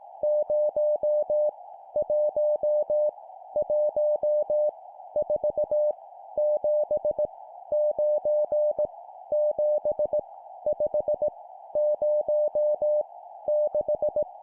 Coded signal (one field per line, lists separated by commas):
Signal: Morse code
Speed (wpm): 18 wpm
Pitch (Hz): 600 Hz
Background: none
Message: 0 1 1 4 7 9 7 5 0 6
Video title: 17wpm Random Numbers, morse code practice